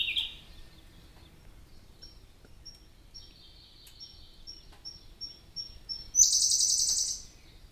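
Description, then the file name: Siberian blue robin song: the tail of one loud phrase, a long stretch of soft high ticking, then another loud, very high rapid trill. "robin-siberian-blue Larvivora-cyane"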